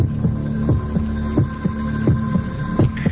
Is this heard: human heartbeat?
yes